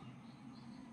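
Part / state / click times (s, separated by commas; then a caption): door lock latch on a front-loading washing machine door / not seated / none. A front-loading washing machine that has just been switched on to start a cycle, with its door lock latch about to engage. Only a steady low hum and faint high background noise are heard, with no sharp transients. Nothing has seated or clicked yet; the door is not yet locked.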